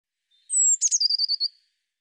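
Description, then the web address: Eurasian blue tit call: a high thin descending note, a brief buzzy burst, then a rapid trill of about seven short notes; otherwise quiet. "cianscape birddata Deverinetal 2025 File cleaned normalized Bird Cy Ca"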